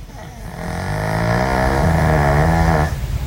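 A single long, rough, fluttering snore builds in loudness over nearly three seconds, then breaks off briefly before the next breath begins. The buzzing comes from the vibration of soft tissue in a pug's airway as it breathes in during sleep.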